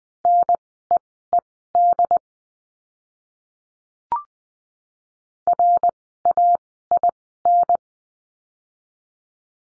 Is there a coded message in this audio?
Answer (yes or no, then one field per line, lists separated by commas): yes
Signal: Morse code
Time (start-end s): 0.2-7.8 s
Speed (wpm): 20 wpm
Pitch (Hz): 700 Hz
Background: none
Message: NEED RAIN